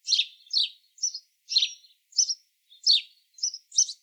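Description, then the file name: House sparrow calls, eight quick rasping chirps about every half second, clean background. "Passer domesticus"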